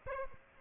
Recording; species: mosquito wingbeat signal from an infrared sensor; Aedes aegypti